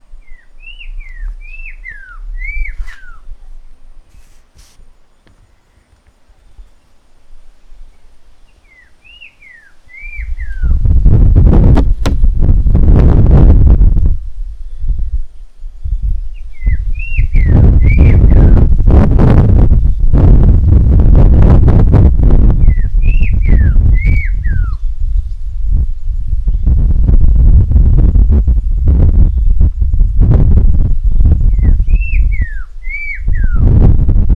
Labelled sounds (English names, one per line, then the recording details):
Black-crowned Tchagra
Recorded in northern Uganda